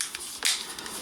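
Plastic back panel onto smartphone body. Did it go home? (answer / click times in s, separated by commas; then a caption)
yes / 0.0 s, 0.2 s, 0.5 s, 0.8 s. A plastic back panel is pressed onto a Samsung smartphone body, and its clips engage along the edge in a series of sharp snaps at 0.0, 0.2, 0.5 and 0.8 seconds, the loudest at 0.5 seconds. The back panel snaps into place and is fully seated.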